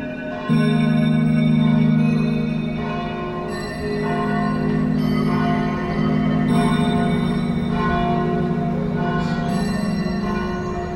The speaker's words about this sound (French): Que parfois les cloches servaient peut-être à indiquer une direction aux pèlerins qui passaient par les sables et la baie.